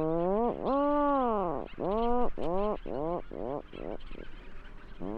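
Leach's storm-petrel chattering call: a rhythmic run of arching notes, each rising then falling, in quick succession with brief gaps.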